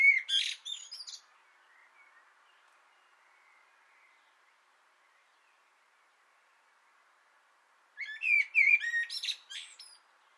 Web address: Naturinspelningar Koltrast på antennen 2025 06 06